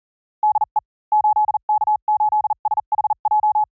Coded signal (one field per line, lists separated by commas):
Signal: Morse code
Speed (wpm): 40 wpm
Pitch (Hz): 840 Hz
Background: none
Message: DE 8K8SHJ